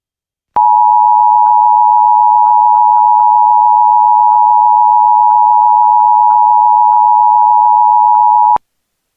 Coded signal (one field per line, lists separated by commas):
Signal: Emergency Alert System (SAME) tones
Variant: 853 and 960 Hz attention tone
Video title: EAS - Amber Alert during Johnny Test (September 14th, 2025, Jones XD Pittsburgh)